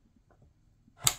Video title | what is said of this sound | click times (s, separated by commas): DETAILED REVIEW Bluetti AC60 Power Station | as you push it in it locks in place | 1.1 s